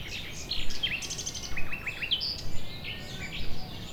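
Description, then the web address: Gulls giving several short high squealing calls over a steady low background roar. Nature ambience with seagulls. "GDC 2017-Game Audio Bundle West Wolf - Nature Sounds. Nature ambience with seaguls"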